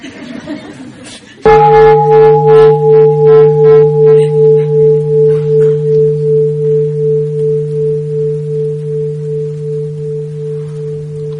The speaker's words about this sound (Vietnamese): Bây giờ tới tiếng chuông.